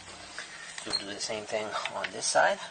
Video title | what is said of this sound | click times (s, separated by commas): Installation Demonstration | and you'll notice it pop into place. | 0.4 s